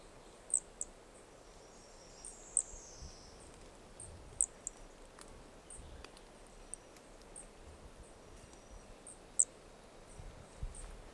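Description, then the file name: Brachycephalus toadlet: sharp high notes spread irregularly throughout, a brief thin descending whistle near the start, and low background noise. Two individuals (4 and 5) of an unidentified Brachycephalus species recorded at Corcovado; the first two notes of the call are missing. "Brachycephalus sp ind 4 ind 5 Corcovado two starting notes lost"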